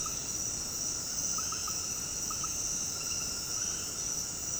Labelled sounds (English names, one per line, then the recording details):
none
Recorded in dense forest near Puerto Asís, Putumayo, Colombia, on 21 February 2024 at 21:00
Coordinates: 0.486, -76.316
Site G6437